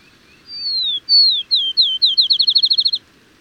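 Bird song opening with drawn-out descending whistles that grow shorter and quicker, ending in a fast even trill of clipped notes lasting about a second.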